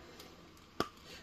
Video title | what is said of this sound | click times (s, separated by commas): Boss Fight Studio Bucky O'Hare Berserker Baboon Bruiser 1:18 scale action figure. Fantastic plastic! | we go a satisfying click yeah | 0.8 s